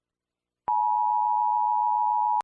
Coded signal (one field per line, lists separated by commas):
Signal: Emergency Alert System (SAME) tones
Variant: 853 and 960 Hz attention tone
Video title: EAS Scenario: Voice (custom monster)